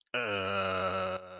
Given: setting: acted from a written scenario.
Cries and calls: vocal sound without words; embarrassment

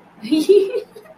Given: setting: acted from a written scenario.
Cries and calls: vocal sound without words; amusement

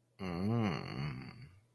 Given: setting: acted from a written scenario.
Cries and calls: vocal sound without words; desire

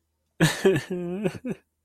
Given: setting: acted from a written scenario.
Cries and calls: vocal sound without words; sadness

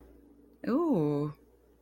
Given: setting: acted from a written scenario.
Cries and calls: vocal sound without words; interest

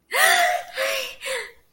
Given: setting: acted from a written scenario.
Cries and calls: vocal sound without words; elation

